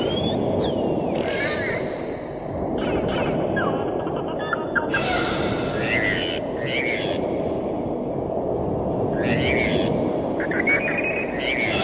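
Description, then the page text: Humpback whale song: a series of short grunting and creaking units with upsweeps, repeated in bursts over a dense steady background roar. "киты - горбатые киты"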